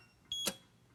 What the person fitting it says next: YOU HEAR IT CLICK. IMMEDIATELY YOU OPEN IT UP.